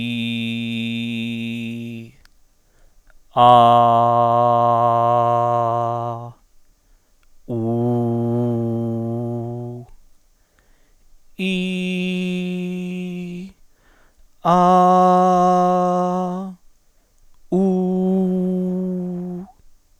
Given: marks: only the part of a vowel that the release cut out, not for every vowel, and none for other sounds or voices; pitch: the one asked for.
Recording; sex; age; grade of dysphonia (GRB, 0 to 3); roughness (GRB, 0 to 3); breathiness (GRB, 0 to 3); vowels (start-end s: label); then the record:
sustained vowels; male; 40 to 49 years; 0; 0; 0
0.00-1.86 s: vowel /i/, normal pitch
3.56-5.87 s: vowel /a/, normal pitch
7.60-9.39 s: vowel /u/, normal pitch
11.53-13.28 s: vowel /i/, high pitch
14.60-16.13 s: vowel /a/, high pitch
17.64-19.21 s: vowel /u/, high pitch
From the record:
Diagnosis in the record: healthy voice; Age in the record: 45 years